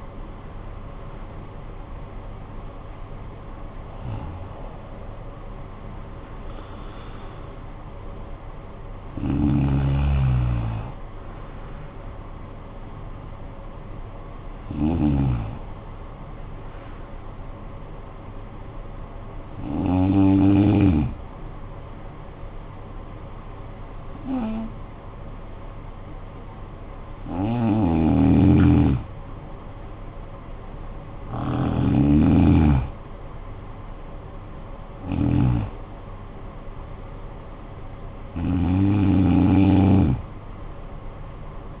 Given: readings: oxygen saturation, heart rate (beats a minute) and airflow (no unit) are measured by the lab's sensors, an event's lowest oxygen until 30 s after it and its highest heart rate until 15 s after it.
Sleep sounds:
breathing in sleep by a smartphone at the bedside; 1
20.00-31.60 s: hypopnea (N2, oxygen 98% highest, then 94% lowest, heart rate 61 at the start, 74 highest)
22.00-41.80 s: new sleep stage, N3 (deep sleep)
From the record:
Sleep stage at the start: N2 (light sleep); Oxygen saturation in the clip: 90 to 98%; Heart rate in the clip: 53 to 74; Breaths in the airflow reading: 9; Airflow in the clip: -14.9 to 13.1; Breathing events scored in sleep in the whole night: 445 in 7.6 hours asleep

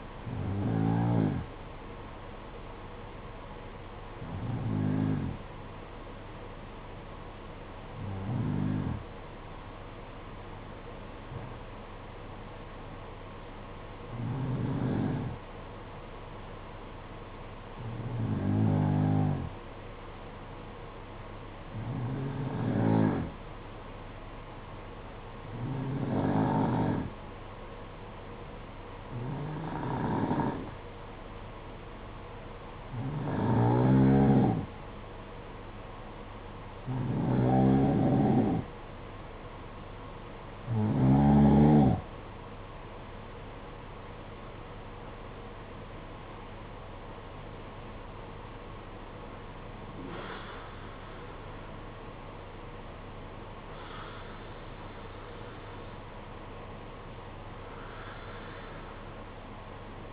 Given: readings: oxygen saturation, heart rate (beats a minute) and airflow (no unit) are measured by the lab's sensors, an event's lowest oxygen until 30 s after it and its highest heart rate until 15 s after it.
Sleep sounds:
breathing in sleep by a voice recorder at the bedside; 1
6.00-43.60 s: hypopnea (N2, oxygen 93% highest, then 88% lowest, heart rate 53 at the start, 63 highest)
52.00-60.13 s: new sleep stage, N1 (lightest sleep)
From the record:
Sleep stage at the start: N2 (light sleep); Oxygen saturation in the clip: 88 to 93%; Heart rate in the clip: 52 to 63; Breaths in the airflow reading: 16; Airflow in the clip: -11.2 to 9.6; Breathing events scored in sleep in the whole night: 476 in 9.7 hours asleep

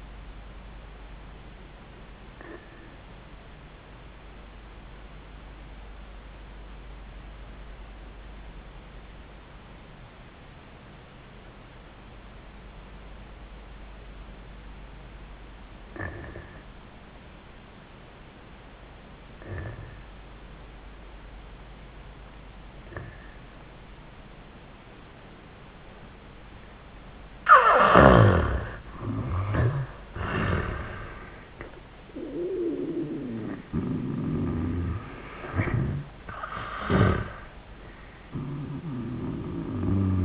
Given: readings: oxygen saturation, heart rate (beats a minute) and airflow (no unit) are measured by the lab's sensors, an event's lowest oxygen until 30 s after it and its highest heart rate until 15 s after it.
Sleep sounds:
breathing in sleep by a voice recorder at the bedside; 1
3.00-28.80 s: obstructive apnea (N1, oxygen 95% highest, then 76% lowest, heart rate 88 at the start, 96 highest)
10.00-40.25 s: new sleep stage, N2 (light sleep)
From the record:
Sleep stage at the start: N1 (lightest sleep); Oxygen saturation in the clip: 78 to 95%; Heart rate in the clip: 78 to 96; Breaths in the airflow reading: 3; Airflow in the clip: -22.6 to 12.9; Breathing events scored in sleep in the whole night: 400 in 8.7 hours asleep

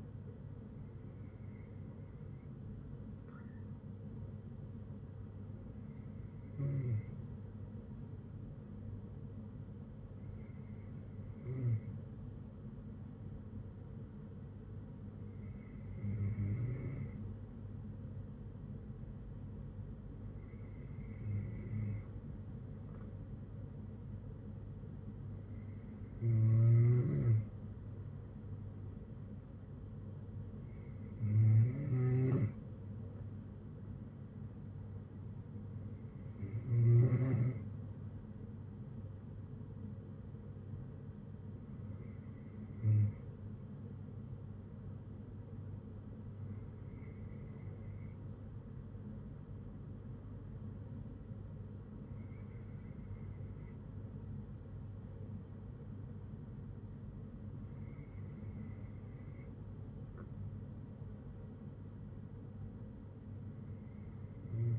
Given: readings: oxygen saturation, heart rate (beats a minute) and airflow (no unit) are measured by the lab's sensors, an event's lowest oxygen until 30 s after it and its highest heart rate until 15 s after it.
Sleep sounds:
breathing in sleep by a smartphone at the bedside; none
51.00-64.79 s: new sleep stage, N3 (deep sleep)
From the record:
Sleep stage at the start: N2 (light sleep); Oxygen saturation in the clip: 92 to 94%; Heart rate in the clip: 58 to 66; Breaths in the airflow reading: 12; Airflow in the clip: -7.3 to 5.3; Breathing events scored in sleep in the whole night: 182 in 7.4 hours asleep

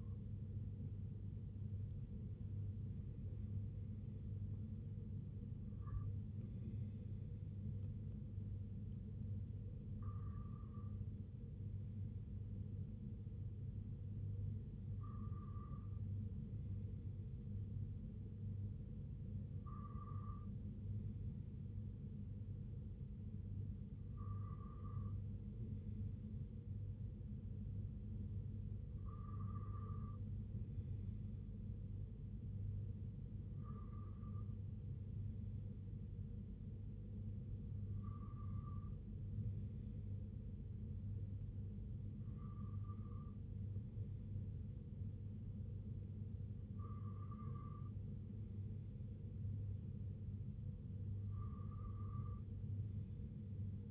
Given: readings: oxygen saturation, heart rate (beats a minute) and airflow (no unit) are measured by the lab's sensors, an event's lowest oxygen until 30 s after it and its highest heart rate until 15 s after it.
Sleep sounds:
breathing in sleep by a smartphone at the bedside; none
23.00-53.90 s: new sleep stage, N2 (light sleep)
From the record:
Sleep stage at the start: N1 (lightest sleep); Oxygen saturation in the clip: 94 to 96%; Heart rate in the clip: 58 to 80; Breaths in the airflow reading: 12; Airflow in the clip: -5.6 to 4.3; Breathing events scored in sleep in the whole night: 258 in 7.4 hours asleep

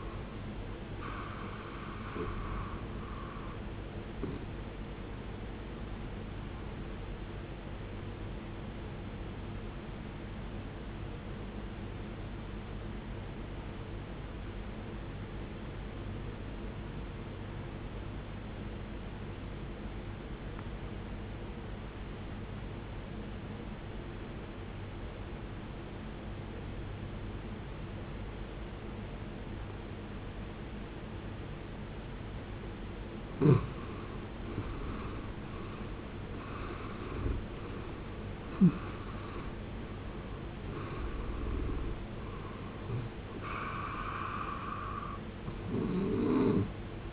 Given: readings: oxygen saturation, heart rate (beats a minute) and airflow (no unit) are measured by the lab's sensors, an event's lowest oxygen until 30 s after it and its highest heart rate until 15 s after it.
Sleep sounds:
breathing in sleep by a voice recorder at the bedside; 1
12.00-33.90 s: obstructive apnea (N1, oxygen 94% highest, then 75% lowest, heart rate 62 at the start, 80 highest)
From the record:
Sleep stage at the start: N1 (lightest sleep); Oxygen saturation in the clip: 74 to 94%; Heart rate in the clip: 54 to 80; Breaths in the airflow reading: 5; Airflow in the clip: -17.4 to 19.4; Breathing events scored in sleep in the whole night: 389 in 6.3 hours asleep

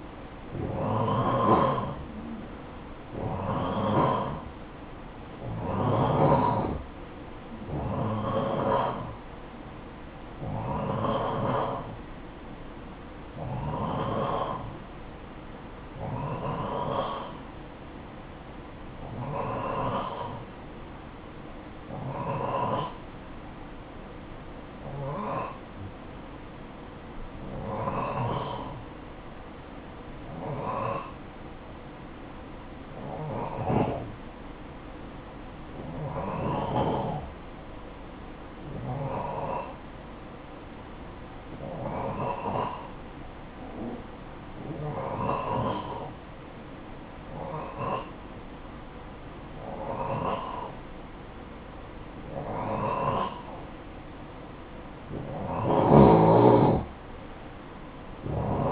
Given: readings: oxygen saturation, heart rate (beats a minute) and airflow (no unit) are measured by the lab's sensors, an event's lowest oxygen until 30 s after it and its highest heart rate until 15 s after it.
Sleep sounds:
breathing in sleep by a voice recorder at the bedside; none
none scored
From the record:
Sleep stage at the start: N2 (light sleep); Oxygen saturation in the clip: 90 to 94%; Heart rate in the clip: 53 to 59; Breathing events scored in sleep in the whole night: 573 in 9.8 hours asleep

